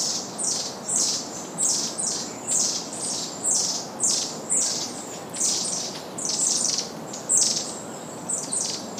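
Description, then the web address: Long-tailed tit giving high, buzzy downslurred calls in a steady series, roughly one every second or so, some doubled, over light background hiss. "izumino saunndo enaga"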